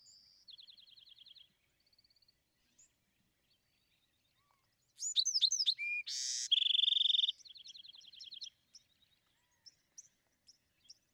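Bewick's wren song with a soft rapid trill, then sharp downslurred notes, a harsh buzz and a loud ringing trill fading into softer repeated notes.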